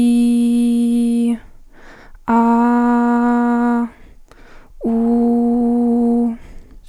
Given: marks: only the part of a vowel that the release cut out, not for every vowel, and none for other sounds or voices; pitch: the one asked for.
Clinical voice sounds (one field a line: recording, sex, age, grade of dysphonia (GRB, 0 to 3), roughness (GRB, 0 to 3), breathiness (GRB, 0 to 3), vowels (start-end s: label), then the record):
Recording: sustained vowels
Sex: female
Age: 18 to 19 years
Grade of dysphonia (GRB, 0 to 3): 0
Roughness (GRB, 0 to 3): 0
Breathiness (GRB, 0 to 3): 0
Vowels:
0.00-1.21 s: vowel /i/, normal pitch
2.43-3.74 s: vowel /a/, normal pitch
4.94-6.19 s: vowel /u/, normal pitch
From the record:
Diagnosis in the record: healthy voice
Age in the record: 18 years